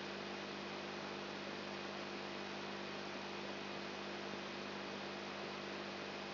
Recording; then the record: brain microelectrode recording played as sound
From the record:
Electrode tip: outside the subthalamic nucleus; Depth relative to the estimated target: 2 mm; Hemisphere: left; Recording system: AlphaMap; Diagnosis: Parkinson's disease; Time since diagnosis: 7 years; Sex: female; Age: 55 years